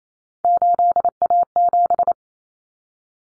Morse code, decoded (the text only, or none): 8A7